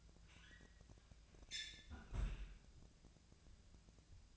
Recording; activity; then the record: daily activity, microphone in the room; close fridge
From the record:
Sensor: 2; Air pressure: 999.9 hPa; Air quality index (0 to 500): 123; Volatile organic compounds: 2 ppm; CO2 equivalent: 1054 ppm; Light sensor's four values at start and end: 31/78/33/37 and 31/78/33/37